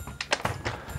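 The small fold latch on the inside of a folded UPPAbaby Vista 2018 stroller frame is released, and the frame unfolds. Sharp clicks sound at 0.2 s and 0.3 s as the latch clicks back open, followed by another brief knock at 0.5 s.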